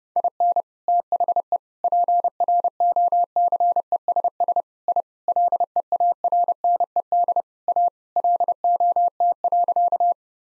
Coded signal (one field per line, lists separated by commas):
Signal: Morse code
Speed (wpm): 30 wpm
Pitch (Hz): 700 Hz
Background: none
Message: IN THE PROCESS I LEARNED A LOT.